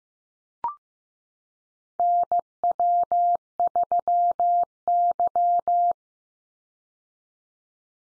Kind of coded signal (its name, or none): Morse code